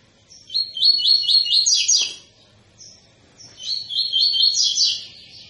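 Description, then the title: Double-collared seedeater: two rapid phrases of high, repeated ringing notes rising slightly toward each end, separated by a short pause. Tui-tui style song of a spirited ('fibra') bird, used as a teaching song for young birds. "COLEIRO TUI TUI FIBRA CANTO PROFESSOR"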